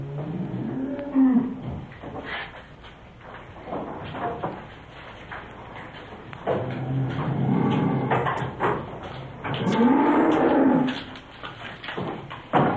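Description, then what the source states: Cow mooing: low, drawn-out moos near the start, middle and end, over a constant busy background of rustling, knocking and indistinct indoor noise. Mooing cow in cow house ambience.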